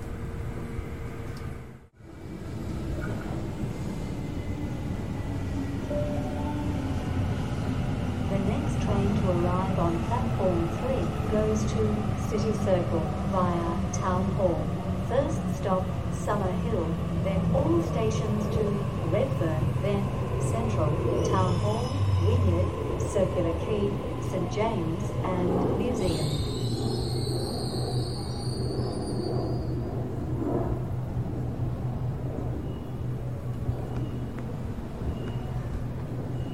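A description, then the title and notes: A train ride toward the city, with a steady low rumble filling the whole clip after a brief drop near the start. Between roughly ten and twenty-five seconds, faint voices and rising, wavering tones sit over the hum. From about twenty-six seconds, a high, bright whine joins in and holds to the end. シドニー市内へ向かう電車の音. 今回も最新版をPCM録音ステレオでお送りします. Sound of Sydney Train.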